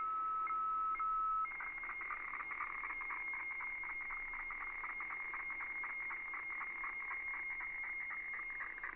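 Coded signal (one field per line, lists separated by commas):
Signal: weather fax (radiofax)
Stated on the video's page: HF weather fax received off shortwave.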